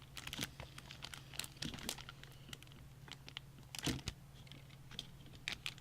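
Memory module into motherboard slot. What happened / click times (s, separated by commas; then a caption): The memory module clicked into its slot / 5.5 s, 5.7 s. On a second try, a memory module is pushed hard, one side at a time, into its motherboard slot. Crinkly handling noise and a few light taps at about 0.4, 1.4, 1.6 and 1.9 seconds come before two sharp, loud clicks at 5.5 and 5.7 seconds. Those clicks mark the module seating home.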